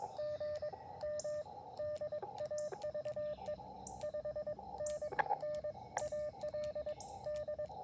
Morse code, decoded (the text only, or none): GM DAVE 5NN AL D